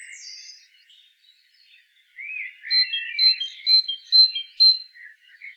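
Great tit calls: a thin high downslurred note, a pause, then bright two-part phrases, a high clear note paired with a lower one, repeated about twice a second.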